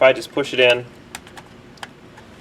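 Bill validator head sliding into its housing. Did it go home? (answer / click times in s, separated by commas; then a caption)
no / none. Someone talks briefly while a bill validator's slide-out head is pushed back into its housing, followed by a few faint, sharp taps between about 1.1 and 1.8 seconds. The head looks fully in, but nothing has clicked or latched into place yet.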